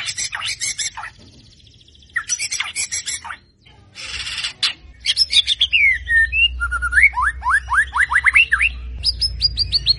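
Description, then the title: White-rumped shama song, bursts of harsh chatter broken by pauses, then a run of falling whistles and quick repeated down-slurred notes over a low rumble. Lure recording made to draw a response from the bird; the singer is described as gacor, singing persistently. "PANCINGAN MURAI BATU GACOR"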